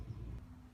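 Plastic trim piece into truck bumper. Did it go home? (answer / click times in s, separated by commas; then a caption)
no / none. A plastic grille or trim piece is being pressed onto the painted bumper of a 2019 Dodge Ram 1500 Laramie. Only low, steady handling rumble is heard, with no sharp transients. Nothing has seated or clicked yet.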